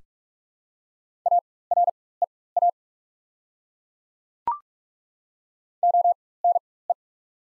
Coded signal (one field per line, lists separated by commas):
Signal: Morse code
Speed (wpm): 46 wpm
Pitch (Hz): 700 Hz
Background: none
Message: AREA ONE